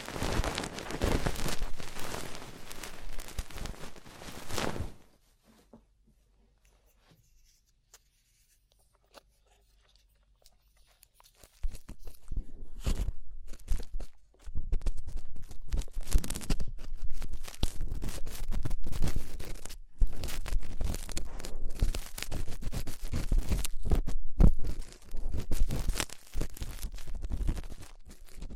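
Ear cleaning brings dense scratchy rustling for five seconds, near silence with faint clicks until about twelve seconds, then steady crackly scraping.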